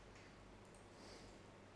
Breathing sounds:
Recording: one breath in and out by a microphone near the nose and mouth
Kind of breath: normal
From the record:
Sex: male

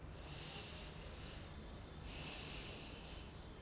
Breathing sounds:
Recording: one breath in and out by a microphone near the nose and mouth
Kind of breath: deep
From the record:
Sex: male

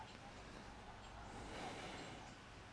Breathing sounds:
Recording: one breath in and out by a microphone near the nose and mouth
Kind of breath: deep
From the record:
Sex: male

